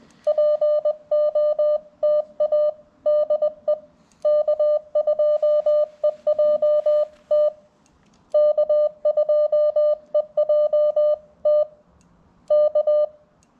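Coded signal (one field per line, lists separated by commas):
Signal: Morse code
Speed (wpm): 20 wpm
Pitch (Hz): 600 Hz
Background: none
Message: POTA DE K2EJT K2EJT K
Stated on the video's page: Morse sent on a 1961 Vibroplex bug during a cold Parks On The Air activation, TX-500 radio, 213-inch whip through a ZM-2 tuner.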